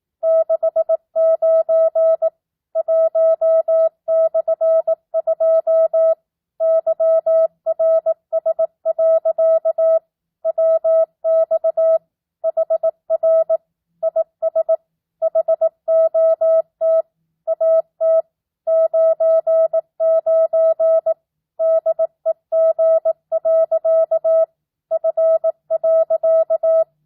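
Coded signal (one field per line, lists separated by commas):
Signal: Morse code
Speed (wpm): 18 wpm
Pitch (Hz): 650 Hz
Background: none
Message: 69 1/2 YRS. WX HR IS HOT AT 99 DEG. F.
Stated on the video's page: Practice at 18 wpm with non-Farnsworth spacing, simulating a ham-style two-way CW QSO; the responder makes and corrects a few mistakes.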